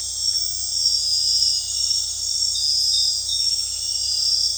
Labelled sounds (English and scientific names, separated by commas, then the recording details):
none
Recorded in dense forest near Puerto Asís, Putumayo, Colombia, on 21 February 2024 at 01:00
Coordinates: 0.485, -76.322
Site G6406